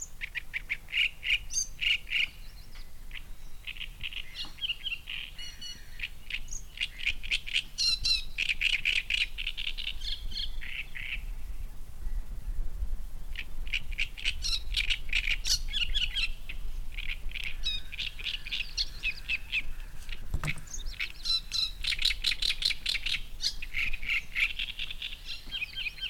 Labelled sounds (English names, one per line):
Great Reed Warbler